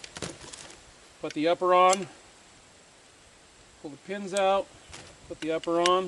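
A rifle upper receiver is handled onto the lower receiver, with the metal takedown and pivot pins to go back in. A few quick, light ticks of handling come in the first 0.6 seconds, and someone talks in between. Nothing has seated or clicked yet.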